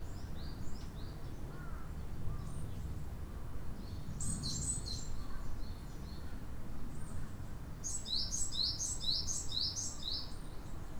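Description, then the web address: Bird giving bursts of high, thin chirps, a short run early, another burst around the middle and a brisk series of rapid notes near the end, over constant low rumbling noise. Recorded 28 April 2008. "20080428 bird"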